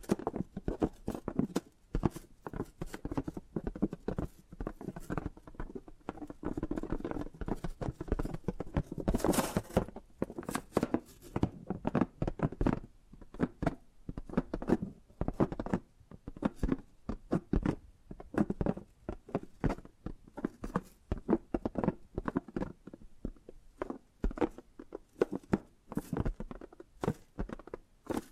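Tapping and gripping sounds form a dense, irregular patter of quick knocks and rustles for the whole time, some taps sharp and bright.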